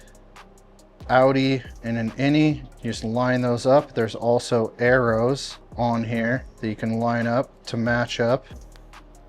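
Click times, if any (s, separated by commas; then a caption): 8.8 s. A red brake-sensor wiring plug on an Arctic Leopard XE Pro / PRO S electric dirt bike harness, with male and female halves lined up by arrows, is pushed into its mating connector while someone talks. It seats with a short, sharp click at 8.8 s.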